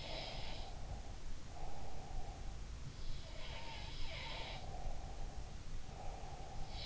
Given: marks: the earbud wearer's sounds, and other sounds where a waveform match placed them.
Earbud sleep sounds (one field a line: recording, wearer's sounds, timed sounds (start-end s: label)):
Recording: sounds in sleep by an in-ear microphone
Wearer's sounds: breath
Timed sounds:
0.00-2.62 s: sound from someone else or the room
0.35-2.62 s: breath
3.16-6.86 s: sound from someone else or the room
4.41-6.86 s: breath